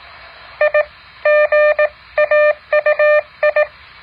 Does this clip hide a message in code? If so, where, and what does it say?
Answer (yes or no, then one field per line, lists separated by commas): yes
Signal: Morse code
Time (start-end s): 0.6-3.6 s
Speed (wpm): 18 wpm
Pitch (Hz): 600 Hz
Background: none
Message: IGAUI